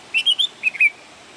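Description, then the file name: Bulbul song of short whistled notes, a quick series of clear chirps followed by a slurred pair. "طائر البلبل"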